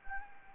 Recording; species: mosquito wingbeat signal from an infrared sensor; Anopheles gambiae